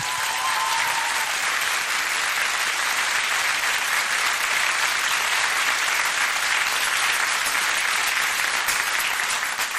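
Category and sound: crowd, studio audience applause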